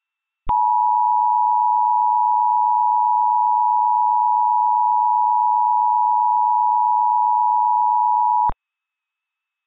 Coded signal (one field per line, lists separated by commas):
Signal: Emergency Alert System (SAME) tones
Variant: 853 and 960 Hz attention tone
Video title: EAS Mock #18: The Cascade's Big One